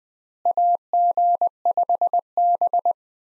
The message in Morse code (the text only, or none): AG5B